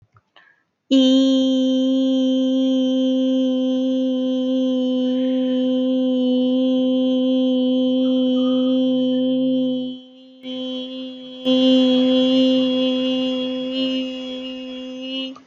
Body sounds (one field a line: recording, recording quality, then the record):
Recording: sustained vowel as in beet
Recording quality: excellent, no background noise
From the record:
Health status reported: healthy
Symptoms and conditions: none ticked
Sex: female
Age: 30 years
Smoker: not ticked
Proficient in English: yes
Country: India